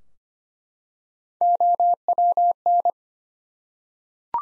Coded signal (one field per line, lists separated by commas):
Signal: Morse code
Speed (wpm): 25 wpm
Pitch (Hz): 700 Hz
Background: none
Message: OWN